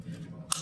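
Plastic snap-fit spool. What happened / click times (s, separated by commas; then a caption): The plastic spool half snapped into place on the coil / 0.5 s. A plastic half of a reusable 3D-printer refill spool, lined up by its notch, is pressed onto the filament coil. After a quiet low hum, a single sharp, bright click sounds at 0.5 s as the spool half locks into place and seats.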